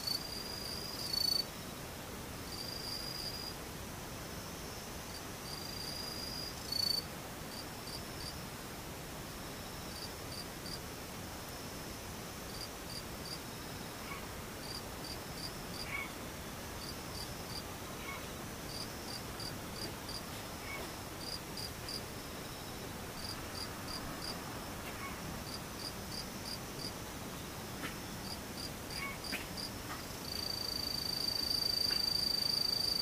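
Insects buzz in a steady, high, thin drone that runs the whole way through over a dense hiss. Brief sharper chirps stand out near the start, around one and seven seconds. After about thirty seconds a clear, steady high tone enters and the sound grows louder.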